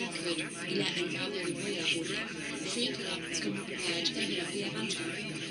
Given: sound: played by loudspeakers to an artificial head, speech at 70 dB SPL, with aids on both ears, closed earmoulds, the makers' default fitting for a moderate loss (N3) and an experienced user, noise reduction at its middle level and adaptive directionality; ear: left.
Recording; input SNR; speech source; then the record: speech test signal (ISTS) in cocktail-party noise; -3 dB; on the right (90 degrees)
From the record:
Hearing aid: class 2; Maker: B